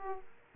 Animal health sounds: mosquito wingbeat signal from an infrared sensor; Aedes aegypti

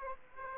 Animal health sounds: mosquito wingbeat signal from an infrared sensor; Aedes aegypti

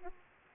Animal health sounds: mosquito wingbeat signal from an infrared sensor; Aedes aegypti

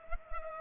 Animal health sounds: mosquito wingbeat signal from an infrared sensor; Culex pipiens

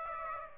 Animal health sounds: mosquito wingbeat signal from an infrared sensor; Aedes aegypti

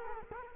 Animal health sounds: mosquito wingbeat signal from an infrared sensor; Culex quinquefasciatus

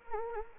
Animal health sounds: mosquito wingbeat signal from an infrared sensor; Anopheles gambiae

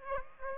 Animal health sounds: mosquito wingbeat signal from an infrared sensor; Aedes aegypti

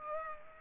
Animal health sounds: mosquito wingbeat signal from an infrared sensor; Culex pipiens

